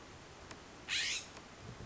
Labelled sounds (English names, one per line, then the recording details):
California Scrub-Jay
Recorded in Sonoma County, California